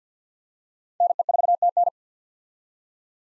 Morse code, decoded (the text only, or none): NE4TN